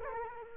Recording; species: mosquito wingbeat signal from an infrared sensor; Culex quinquefasciatus